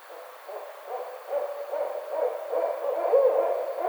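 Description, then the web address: Barred owl calling in a rapid run of low, throbbing hoots that build in loudness toward the end, with steady faint hiss behind. Recorded on 29 May 2009. "Barred Owl 2009 05 29 Barred Owl"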